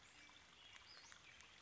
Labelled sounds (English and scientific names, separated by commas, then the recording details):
Western Flycatcher (Empidonax difficilis)
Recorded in Sonoma County, California